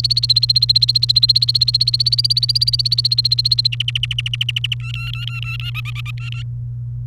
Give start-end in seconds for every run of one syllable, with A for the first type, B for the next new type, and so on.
0.00-3.67 A, 3.72-4.75 B, 4.80-5.71 C, 5.75-6.11 D, 6.18-6.43 C